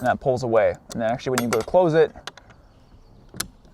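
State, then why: Seated. Someone talks about the side latch on a camper hardtop tent, a push-tab latch, while closing it. Small handling sounds follow at about 2.4 and 2.5 seconds. At 3.4 seconds a sharp, distinct snap is heard as the latch locks down in place.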